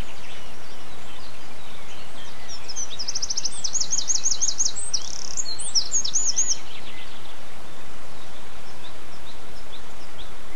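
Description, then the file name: Bird song: one energetic burst of high, rapidly repeated notes in the middle, with background hiss before and after. Birdsong dated 11 04 07, recorded on an MZ-N710 device. "MZ-N 710 Chants d oiseaux 11 04 07"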